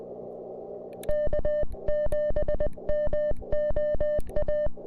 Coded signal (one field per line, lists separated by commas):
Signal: Morse code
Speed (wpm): 20 wpm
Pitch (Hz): 3000 Hz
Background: none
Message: K7MOA